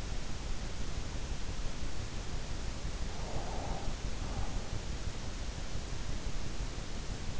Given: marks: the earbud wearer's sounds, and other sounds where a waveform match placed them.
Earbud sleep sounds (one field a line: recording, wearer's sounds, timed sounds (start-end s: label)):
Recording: sounds in sleep by an in-ear microphone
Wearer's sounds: breath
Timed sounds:
2.71-5.57 s: breath